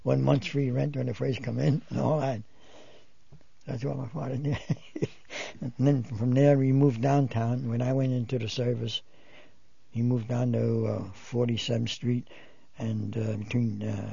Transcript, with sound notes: A month's free rent when you first come in, and all that. That's what my father did. ( he laughs ) From there we moved downtown. When I went into the service, we moved down to 47th Street between